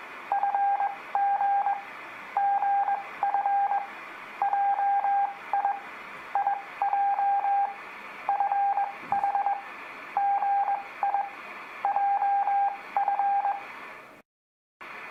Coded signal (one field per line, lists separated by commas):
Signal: Morse code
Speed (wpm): 20 wpm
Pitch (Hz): 800 Hz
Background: none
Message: FG GF JI IJ FH GI JF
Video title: Practice Morse Code With Letters F G H I J for Beginners